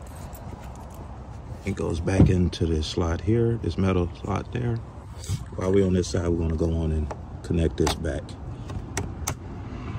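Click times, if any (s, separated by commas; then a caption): 9.0 s, 9.3 s. An electrical connector is pushed back onto the radiator cooling fan assembly of a 2016 Chevy Tahoe whose radiator fans were constantly running. Someone talks for most of the clip, then two sharp clicks at 9.0 s and 9.3 s mark the connector snapping into place as it should.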